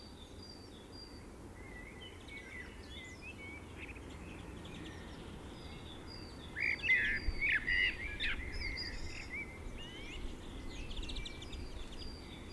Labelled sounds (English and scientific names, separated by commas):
Common Blackbird (Turdus merula) song